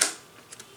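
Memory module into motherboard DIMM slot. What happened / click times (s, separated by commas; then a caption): The retention latch snapped shut / 0.0 s. A 16 GB memory module is pushed down with both thumbs into a motherboard DIMM slot, and its left and right retention latches click in one after the other. A sharp click at 0.0 s is followed by faint ticks around 0.5 and 0.6 s. The module is seated.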